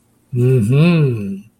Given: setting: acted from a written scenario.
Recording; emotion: vocal sound without words; desire